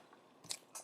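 A plastic part of a transforming robot action figure is pressed into a clip. A sharp, bright click at 0.5 s is followed by a softer rustle near 0.8 s, and the part seats in place.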